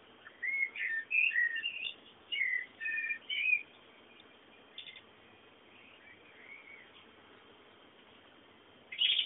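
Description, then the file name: Bird song: a quick burst of varied whistled chirps in the first four seconds, then near quiet with faint notes, and a louder note at the end. Background birdsong. "fondo pajaros"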